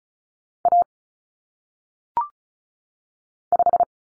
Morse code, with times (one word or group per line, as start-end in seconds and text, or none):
0.7-0.8 A
3.5-3.8 5